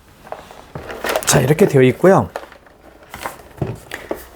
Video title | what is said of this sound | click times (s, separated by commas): N쇼핑 최저가 판매중!! 토스카드단말기 사용가이드 구매문의 1522-7221 | 양쪽을 이렇게 잡고 눌러 주셔야 됩니다 힘껏 딱 소리가 나죠 용지가 자동으로 절단됩니다 | 0.3 s